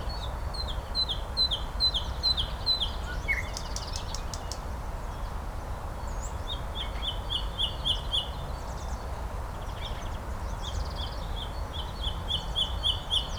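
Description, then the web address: Nightingale singing rapid series of repeated chipping notes, with brief rattling bursts between phrases; a constant low background rumble. "slowik spiew slowika"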